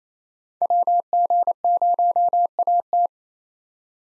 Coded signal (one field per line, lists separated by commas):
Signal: Morse code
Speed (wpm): 28 wpm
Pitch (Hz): 700 Hz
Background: none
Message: WG0AT